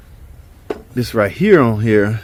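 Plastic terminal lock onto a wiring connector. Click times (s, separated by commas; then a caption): 0.7 s. A plastic terminal locking piece is fitted onto a rebuilt wiring connector and snaps on with a sharp click at 0.7 s. The tab locks into place. Someone talks afterward.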